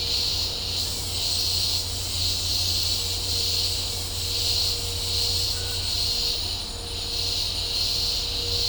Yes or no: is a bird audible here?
no